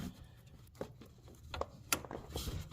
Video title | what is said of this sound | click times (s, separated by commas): Cruze/Sonic/Encore/Terrain/Equinox! Full D.i.Y. Trans CoolerHose Replace. | There you go. You will hear that clip snap right in. | 1.9 s